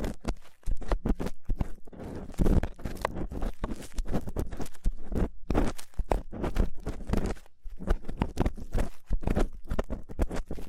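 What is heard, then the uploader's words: Rough ear cleaning, made of dense, rapid scratching and rubbing with no let-up across the whole stretch. Crackly bursts and low thuddy rumbles come in quick irregular strokes, with brief pauses near half a second, 5.5 and 7.5 seconds. ASMR Rough Ear Cleaning (No Talking).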